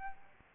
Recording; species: mosquito wingbeat signal from an infrared sensor; Aedes albopictus